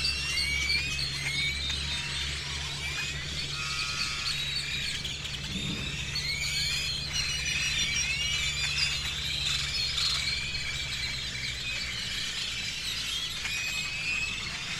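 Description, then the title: Birds calling: many overlapping high chirps and short whistled notes, some rising, continuing without pause over a steady low hum. Recorded over a seafront (malecón) before dawn in Campeche, Mexico, using a TASCAM DR-100 mkII recorder with a RODE NTG-2 shotgun microphone and deadcat windscreen. "Campeche, México - Aves sobre malecón en madrugada"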